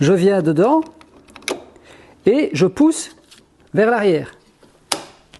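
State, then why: Partly seated. A push-to-open adapter on a drawer runner is lined up by its two small lugs and pushed backward by hand while someone talks. A sharp click sounds at 4.9 s, but the part is only partly in, not pushed fully home.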